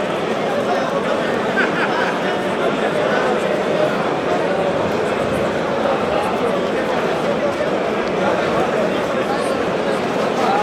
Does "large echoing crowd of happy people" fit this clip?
yes